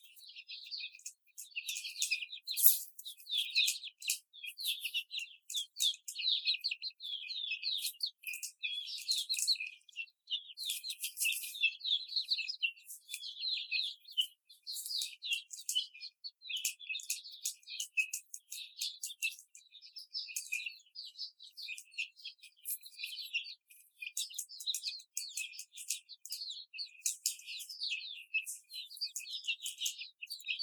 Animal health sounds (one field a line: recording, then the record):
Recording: young laying hens in a cage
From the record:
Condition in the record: before the stressor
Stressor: simulated dog barking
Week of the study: 4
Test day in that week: 2